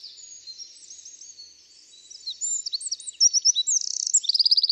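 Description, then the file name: Eurasian wren song, high-pitched and hurried, beginning as a faint twittering then bursting into loud rapid trills and sharp repeated notes toward the end. "Troglodytes troglodytes"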